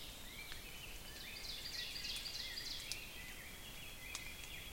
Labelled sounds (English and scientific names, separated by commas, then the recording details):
Ovenbird (Seiurus aurocapilla) song
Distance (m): 90 m
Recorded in boreal forest in Alberta, Canada, on 5 June 2016 at 05:53
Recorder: SongMeter 3, array SBT-3-51
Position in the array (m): 222 m, 16 m
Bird 27